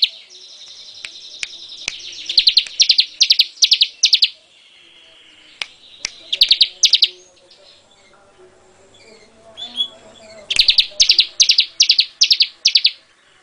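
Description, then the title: Bar-winged prinia calling in rapid runs of harsh, high buzzy notes, with quieter twittering and scattered clicks between the runs. "Suara Burung Ciblek"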